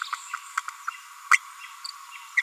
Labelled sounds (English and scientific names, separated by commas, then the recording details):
Green-rumped Parrotlet (Forpus passerinus) babbling
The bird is a female
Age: 30 days
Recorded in a nest box in Venezuela
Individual 17B42A4